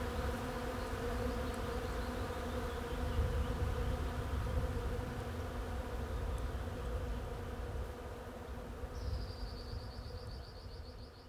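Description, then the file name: Bee buzz, a continuous droning hum with layered harmonics, swelling slightly mid-way; near the end a thin high rapid trill enters. "abeilles"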